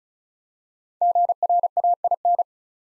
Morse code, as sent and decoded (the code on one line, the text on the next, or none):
--. .-. .- .. -.
GRAIN